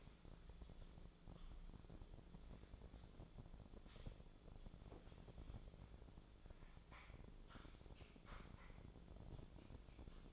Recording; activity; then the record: daily activity, microphone in the room; typing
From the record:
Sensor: 5